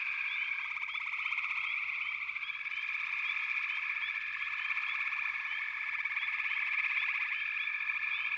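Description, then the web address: Frogs call in a thick chorus of overlapping trills, dotted with many quick upward chirps repeated throughout. "The Natural Sounds of the Wilderness 10 CDs collection Echoes of Nature - Frog Chorus"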